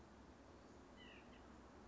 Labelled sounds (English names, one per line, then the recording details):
White-breasted Nuthatch
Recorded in Sonoma County, California